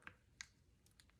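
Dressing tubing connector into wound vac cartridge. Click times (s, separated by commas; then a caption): 0.4 s. The plastic tip at the end of a wound vac dressing tubing is pushed into the port on a SNAP vacuum cartridge, making a soft tap at 0.1 s and a sharp, bright click at 0.4 s. Fainter small clicks follow around 1.0 s and 1.2 s. The tip snaps into place at 0.4 s, seating the tubing so the device is ready to draw up wound fluid.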